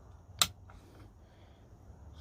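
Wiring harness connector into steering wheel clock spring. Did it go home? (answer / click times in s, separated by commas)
yes / 0.4 s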